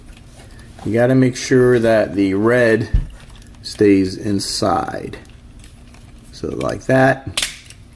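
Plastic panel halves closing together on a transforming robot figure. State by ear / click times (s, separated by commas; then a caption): seated / 7.7 s. Someone talks while closing the two plastic panel halves of a Transformers Earthrise Thrust (War for Cybertron Trilogy, Target exclusive) transforming robot figure around its red inner part so the red stays inside. The panels snap shut with a sharp plastic click at 7.7 s, and the panels are seated.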